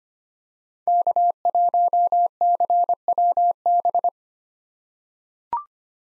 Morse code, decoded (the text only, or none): K1CWB